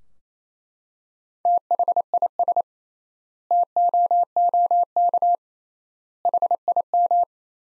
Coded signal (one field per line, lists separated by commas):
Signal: Morse code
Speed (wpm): 28 wpm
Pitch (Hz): 700 Hz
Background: none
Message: THIS TOOK HIM